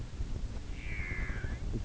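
Whale call: one drawn-out tonal moan, gently falling in pitch and lasting under a second, over a constant low rumbling background.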